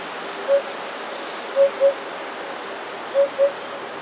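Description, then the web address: Eurasian hoopoe giving low, soft hollow hoots, a single note then two quick pairs of 'oop-oop', spaced about a second or more apart, over a steady background hiss. "wroblowe kolekcja dudek"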